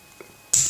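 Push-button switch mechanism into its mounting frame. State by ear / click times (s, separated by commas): seated / 0.5 s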